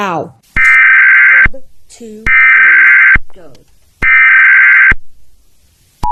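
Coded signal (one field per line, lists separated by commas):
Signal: Emergency Alert System (SAME) tones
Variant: header bursts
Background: speech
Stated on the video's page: Fictional EAS broadcast.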